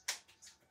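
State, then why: Seated. A plastic cap is pushed back onto a paint marker so it clicks shut before the pen is shaken. A single sharp, bright tick sounds at 0.1 s, followed by a few fainter, softer clicks and rustles. The cap is seated.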